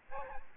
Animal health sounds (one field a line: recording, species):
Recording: mosquito wingbeat signal from an infrared sensor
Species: Aedes albopictus